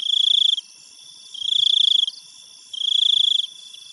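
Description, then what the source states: Insects trilling in three pulsed, buzzy bursts about three quarters of a second each, separated by short pauses, while a constant high insect hum continues behind. Insects in a Thailand jungle at night, recorded close up and distant.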